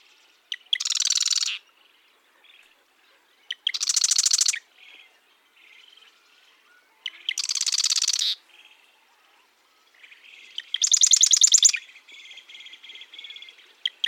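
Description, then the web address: Marsh wren song: four loud, harsh buzzy rattles spaced roughly three seconds apart, each opened by a sharp click, with soft chattering notes between. Marsh wren of eastern genetic stock singing mixed songs; songs and genes point to two species in North America. "East genes mixed songs. songs and genes marsh wrens tell of two species in north america"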